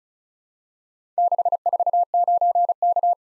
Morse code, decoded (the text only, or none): 649K